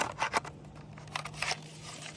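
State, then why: Not seated. A universal tool adapter is slid along the slots of a CEENR 18V 8.0Ah lithium-ion power tool battery pack, with short plastic scraping and rasping bursts near the start and again around 1.2 and 1.4 seconds over a faint steady low hum. The adapter is still being handled and nothing has seated or locked yet.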